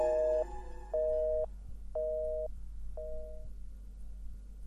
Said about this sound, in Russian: Молчание в телефоне сменилось короткими гудками.